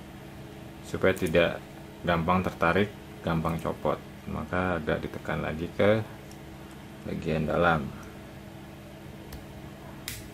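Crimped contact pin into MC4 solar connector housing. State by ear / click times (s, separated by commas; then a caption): seated / 10.1 s. A crimped metal contact pin is pushed further into a plastic MC4 solar connector housing so it locks and cannot be pulled out. Someone talks through most of the clip, then a short, sharp click at 10.1 s marks the pin locking into place. The pin is seated in the housing.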